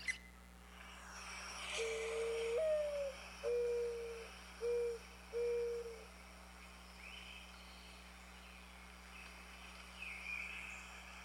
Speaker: Can you recognize it? It's the sound of a mourning dove.